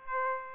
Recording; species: mosquito wingbeat signal from an infrared sensor; Aedes aegypti